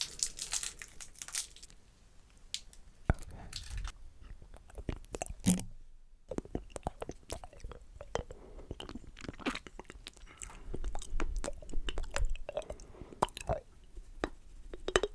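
Mouth sounds around a lollipop: wet clicks, smacks and crackly crunching bursts follow each other quickly and irregularly. A brief silent pause falls near six seconds, then the dense clicking and sucking resume, with sharper crunches toward the end.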